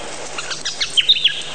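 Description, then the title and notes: Bird chirps, a quick run of short high notes that grow louder and sharper toward the end. A mix of many different bird sounds. "Bird Sound Effects पक्षी लगता है. lots of different bird sounds"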